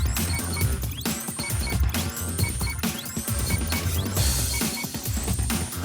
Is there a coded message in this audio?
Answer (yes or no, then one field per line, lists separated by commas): no